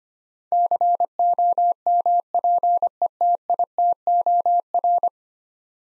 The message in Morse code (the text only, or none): COMPETITOR